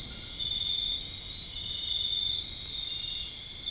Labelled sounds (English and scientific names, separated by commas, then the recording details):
none
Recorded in dense forest near Puerto Asís, Putumayo, Colombia, on 21 March 2025 at 00:00
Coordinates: 0.485, -76.318
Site G056